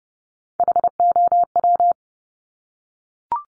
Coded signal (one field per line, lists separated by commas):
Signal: Morse code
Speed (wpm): 30 wpm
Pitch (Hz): 700 Hz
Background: none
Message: HOW